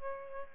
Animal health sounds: mosquito wingbeat signal from an infrared sensor; Aedes albopictus

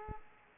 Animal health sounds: mosquito wingbeat signal from an infrared sensor; Aedes aegypti

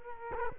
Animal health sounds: mosquito wingbeat signal from an infrared sensor; Culex quinquefasciatus

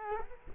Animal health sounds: mosquito wingbeat signal from an infrared sensor; Culex quinquefasciatus

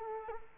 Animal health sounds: mosquito wingbeat signal from an infrared sensor; Culex quinquefasciatus

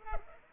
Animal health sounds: mosquito wingbeat signal from an infrared sensor; Culex pipiens

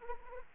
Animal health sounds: mosquito wingbeat signal from an infrared sensor; Anopheles arabiensis

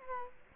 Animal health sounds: mosquito wingbeat signal from an infrared sensor; Culex quinquefasciatus

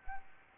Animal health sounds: mosquito wingbeat signal from an infrared sensor; Anopheles gambiae

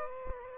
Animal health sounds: mosquito wingbeat signal from an infrared sensor; Aedes aegypti

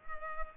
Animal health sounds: mosquito wingbeat signal from an infrared sensor; Culex pipiens

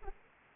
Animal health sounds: mosquito wingbeat signal from an infrared sensor; Aedes aegypti

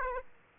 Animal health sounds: mosquito wingbeat signal from an infrared sensor; Aedes aegypti

